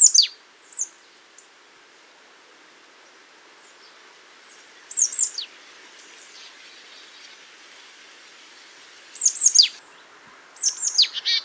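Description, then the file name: Marsh tit calls: high thin downslurred notes in short bursts, spread throughout. "Poecile palustris"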